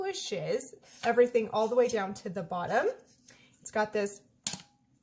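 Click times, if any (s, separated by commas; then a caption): 4.5 s. A plastic click-on top is fitted onto a personal tea/coffee press travel cup while someone talks. A short, sharp click is heard at 4.5 seconds as the lid seats, so it won't fall off while drinking.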